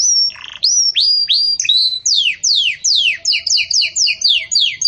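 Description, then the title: Canary song: a bright whistled note, then a run of rapidly repeated high falling sweeps, crisp and loud throughout. Belgian canary singing in the campainha (bell) style, used to teach song to chicks. "Belíssimo Canto Do Canário Belga Campainha Para Encarte De Filhotes"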